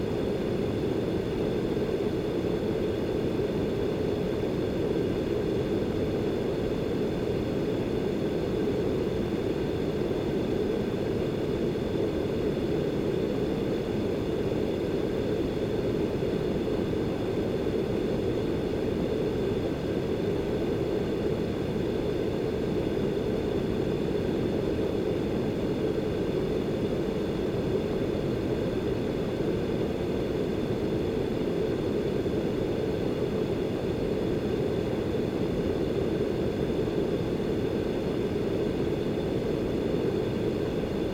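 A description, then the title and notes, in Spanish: A constant, soothing hum of steady noise runs unchanged for the whole clip, thick and rumbling with most of its weight in the low and lower-middle range. Faint thin tones sit above it, like an engine or cabin drone, with no separate events. El ruido blanco constante. Soothing hum.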